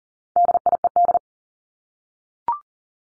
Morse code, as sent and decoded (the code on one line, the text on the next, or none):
-.. .. . -..
DIED